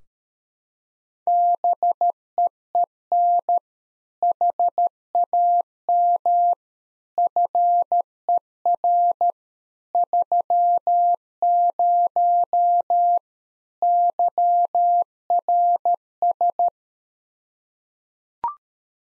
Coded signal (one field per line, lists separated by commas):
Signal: Morse code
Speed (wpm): 13 wpm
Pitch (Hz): 700 Hz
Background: none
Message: BEEN HAM FER 30 YRS